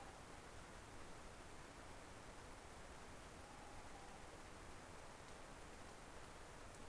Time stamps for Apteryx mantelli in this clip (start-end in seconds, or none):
none